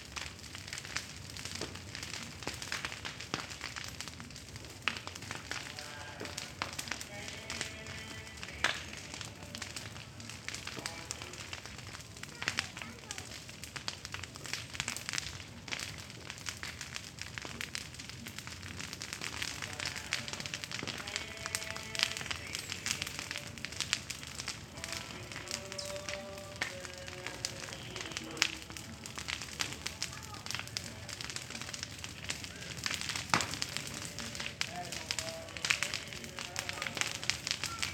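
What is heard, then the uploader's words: A wasteland burns for corn planting, a dense, steady crackle of popping and snapping that runs the whole time. Over it, a radio drifts in and out from a house above, with voices and tones shifting as stations change. Burning Corn In Cuxtitali. This is one of my favorite sounds from San Cristóbal, while a person burns a wasteland to prepare the corn planting, another person in a house above changes the radio intermittently passing through genres from the reggae to ranchera.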